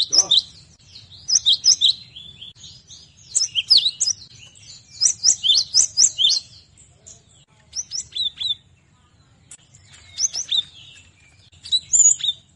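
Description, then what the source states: Cinereous tit song: repeated bursts of bright, high twittering notes, each lasting about a second, with brief pauses between. Used as a training song for cage birds.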